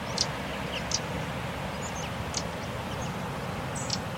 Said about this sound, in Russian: А вот опять крапивник.